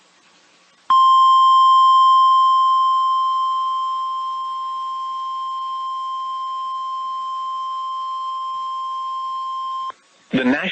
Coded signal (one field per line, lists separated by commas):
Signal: Emergency Alert System (SAME) tones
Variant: 1050 Hz attention tone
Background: speech